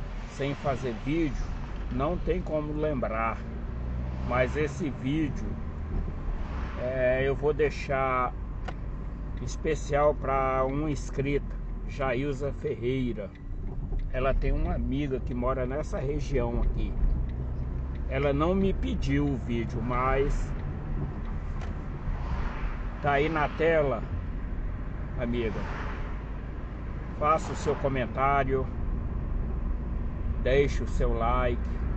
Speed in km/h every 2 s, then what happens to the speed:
17, 27, 31, 30, 27, 21, 16, 22, 26, 28, 29, 29, 30, 33, 35, 35.
0-3 speeds up to 31. 7-12 slows to 16. 12-19 speeds up to 29. 19-32 steady at about 30.